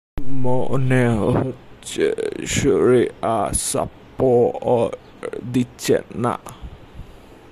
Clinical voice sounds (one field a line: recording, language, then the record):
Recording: elicited speech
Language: Bengali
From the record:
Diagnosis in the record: Broca's or global aphasia after a stroke